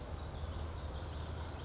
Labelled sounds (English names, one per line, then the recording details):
Oak Titmouse
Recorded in Sonoma County, California